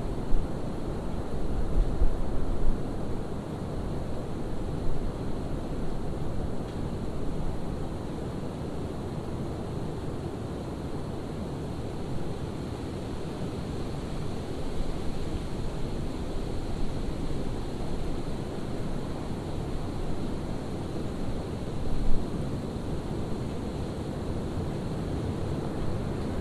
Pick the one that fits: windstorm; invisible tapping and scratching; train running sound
windstorm